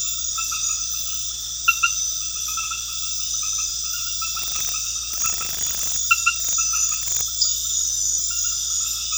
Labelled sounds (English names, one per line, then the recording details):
none
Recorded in pastures near Puerto Asís, Putumayo, Colombia, on 8 March 2025 at 21:30
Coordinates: 0.502, -76.324
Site GP07